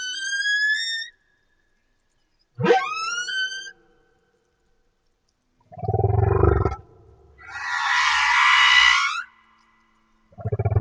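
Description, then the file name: Humpback whale song: high harmonic cries, then deep rumbling grunts and a broad noisy roar. Humpback whale off Madagascar. "Humpback Whale - Madagascar Whale One"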